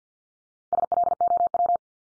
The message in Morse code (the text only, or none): SLOW